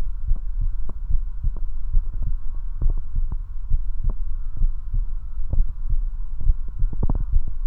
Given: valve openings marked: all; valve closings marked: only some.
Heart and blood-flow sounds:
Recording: heart sounds by stethoscope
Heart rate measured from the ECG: 68 bpm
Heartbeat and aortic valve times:
0.30 s: heartbeat (ECG mark)
0.36 s: aortic valve opens (echo mark)
0.60 s: aortic valve closes (echo mark)
1.12 s: heartbeat (ECG mark)
1.18 s: aortic valve opens (echo mark)
1.45 s: aortic valve closes (echo mark)
1.95 s: heartbeat (ECG mark)
2.02 s: aortic valve opens (echo mark)
2.28 s: aortic valve closes (echo mark)
2.84 s: heartbeat (ECG mark)
2.92 s: aortic valve opens (echo mark)
3.15 s: aortic valve closes (echo mark)
3.72 s: heartbeat (ECG mark)
3.80 s: aortic valve opens (echo mark)
4.05 s: aortic valve closes (echo mark)
4.62 s: heartbeat (ECG mark)
4.70 s: aortic valve opens (echo mark)
4.94 s: aortic valve closes (echo mark)
5.58 s: heartbeat (ECG mark)
5.65 s: aortic valve opens (echo mark)
5.91 s: aortic valve closes (echo mark)
6.47 s: heartbeat (ECG mark)
6.55 s: aortic valve opens (echo mark)
6.81 s: aortic valve closes (echo mark)
7.34 s: heartbeat (ECG mark)
7.42 s: aortic valve opens (echo mark)
From the record:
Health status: healthy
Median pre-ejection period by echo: 73 ms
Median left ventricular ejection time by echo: 248 ms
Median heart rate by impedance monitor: 69 bpm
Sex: male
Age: 21 years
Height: 170 cm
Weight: 85 kg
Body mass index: 29.41

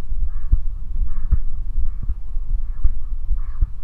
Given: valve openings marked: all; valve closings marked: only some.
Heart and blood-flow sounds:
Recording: heart sounds by stethoscope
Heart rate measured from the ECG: 78 bpm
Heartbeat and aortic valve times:
0.23 s: heartbeat (ECG mark)
0.28 s: aortic valve opens (echo mark)
0.53 s: aortic valve closes (echo mark)
1.02 s: heartbeat (ECG mark)
1.07 s: aortic valve opens (echo mark)
1.33 s: aortic valve closes (echo mark)
1.79 s: heartbeat (ECG mark)
1.85 s: aortic valve opens (echo mark)
2.10 s: aortic valve closes (echo mark)
2.54 s: heartbeat (ECG mark)
2.62 s: aortic valve opens (echo mark)
3.31 s: heartbeat (ECG mark)
3.38 s: aortic valve opens (echo mark)
From the record:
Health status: healthy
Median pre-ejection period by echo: 62 ms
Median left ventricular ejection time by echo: 255 ms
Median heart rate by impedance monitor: 81 bpm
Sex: male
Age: 20 years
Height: 181 cm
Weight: 68 kg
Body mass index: 20.76

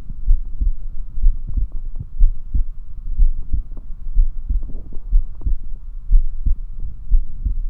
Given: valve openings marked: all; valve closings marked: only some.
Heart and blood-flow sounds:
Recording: heart sounds by stethoscope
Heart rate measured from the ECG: 61 bpm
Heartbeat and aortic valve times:
0.29 s: heartbeat (ECG mark)
0.35 s: aortic valve opens (echo mark)
0.62 s: aortic valve closes (echo mark)
1.24 s: heartbeat (ECG mark)
1.32 s: aortic valve opens (echo mark)
1.58 s: aortic valve closes (echo mark)
2.22 s: heartbeat (ECG mark)
2.28 s: aortic valve opens (echo mark)
2.55 s: aortic valve closes (echo mark)
3.21 s: heartbeat (ECG mark)
3.26 s: aortic valve opens (echo mark)
3.54 s: aortic valve closes (echo mark)
4.17 s: heartbeat (ECG mark)
4.25 s: aortic valve opens (echo mark)
4.50 s: aortic valve closes (echo mark)
5.14 s: heartbeat (ECG mark)
5.20 s: aortic valve opens (echo mark)
5.47 s: aortic valve closes (echo mark)
6.13 s: heartbeat (ECG mark)
6.19 s: aortic valve opens (echo mark)
6.46 s: aortic valve closes (echo mark)
7.13 s: heartbeat (ECG mark)
7.15 s: aortic valve opens (echo mark)
From the record:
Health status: healthy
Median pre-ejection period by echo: 61 ms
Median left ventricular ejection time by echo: 272 ms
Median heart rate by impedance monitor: 62 bpm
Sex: male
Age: 21 years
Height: 174 cm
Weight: 70 kg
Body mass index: 23.12

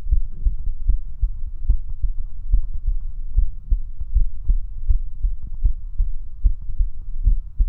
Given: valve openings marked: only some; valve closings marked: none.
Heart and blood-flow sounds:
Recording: heart sounds by stethoscope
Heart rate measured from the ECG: 76 bpm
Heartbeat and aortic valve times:
0.15 s: heartbeat (ECG mark)
0.91 s: heartbeat (ECG mark)
0.94 s: aortic valve opens (echo mark)
1.72 s: heartbeat (ECG mark)
1.75 s: aortic valve opens (echo mark)
2.56 s: heartbeat (ECG mark)
2.57 s: aortic valve opens (echo mark)
3.40 s: heartbeat (ECG mark)
3.43 s: aortic valve opens (echo mark)
4.18 s: heartbeat (ECG mark)
4.22 s: aortic valve opens (echo mark)
4.92 s: heartbeat (ECG mark)
4.95 s: aortic valve opens (echo mark)
5.68 s: heartbeat (ECG mark)
6.48 s: heartbeat (ECG mark)
7.29 s: heartbeat (ECG mark)
7.34 s: aortic valve opens (echo mark)
From the record:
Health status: healthy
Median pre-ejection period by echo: 31 ms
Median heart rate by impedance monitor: 75 bpm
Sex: male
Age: 19 years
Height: 179 cm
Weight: 78 kg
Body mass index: 24.34

